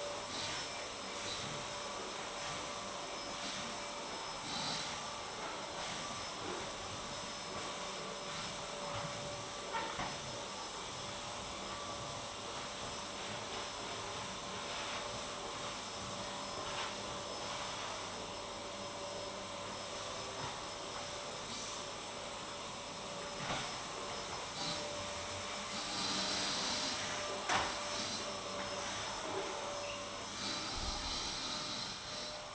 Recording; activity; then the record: daily activity, microphone in the room; vacuum cleaning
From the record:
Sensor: 3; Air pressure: 1011.9 hPa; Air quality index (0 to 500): 236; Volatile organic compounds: 5 ppm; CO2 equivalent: 1750 ppm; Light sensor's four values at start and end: 11/25/10/10 and 10/23/9/9